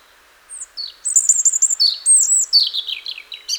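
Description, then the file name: European robin song, a continuous phrase of thin, high whistles, quick warbles and falling trills, with a brief new note starting at the very end; faint background hum. "Erithacus rubecula"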